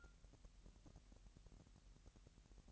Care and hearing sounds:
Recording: daily activity, microphone in the room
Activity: take from stove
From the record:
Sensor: 3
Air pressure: 1001.9 hPa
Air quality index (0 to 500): 244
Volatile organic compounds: 47 ppm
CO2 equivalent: 3249 ppm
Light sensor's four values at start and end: 6/14/6/6 and 6/14/6/6

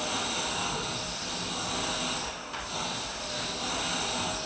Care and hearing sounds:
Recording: daily activity, microphone in the room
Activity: vacuum cleaning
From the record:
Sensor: 2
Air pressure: 1001.8 hPa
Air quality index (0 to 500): 248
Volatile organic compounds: 39 ppm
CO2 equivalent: 3130 ppm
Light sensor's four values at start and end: 8/27/10/10 and 8/27/10/10

